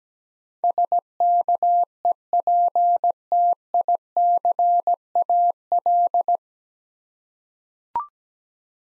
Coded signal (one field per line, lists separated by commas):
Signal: Morse code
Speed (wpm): 17 wpm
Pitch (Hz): 700 Hz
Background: none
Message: SKEPTICAL